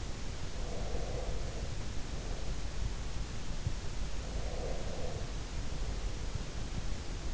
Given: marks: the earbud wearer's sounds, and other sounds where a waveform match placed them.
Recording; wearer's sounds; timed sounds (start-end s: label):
sounds in sleep by an in-ear microphone; breath
0.62-2.77 s: breath
4.20-6.47 s: breath